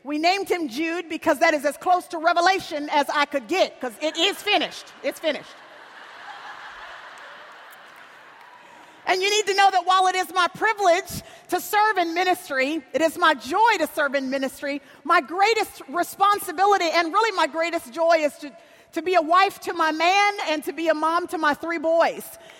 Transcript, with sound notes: We named him Jude because that is as close to Revelation as I could get, because it is finished. It's finished. (laughter) You need to know while it is my privilege to serve in ministry, it is my joy to serve in ministry, my greatest responsibility and really my greatest joy is to be a wife to my man and to be a mom to my three boys.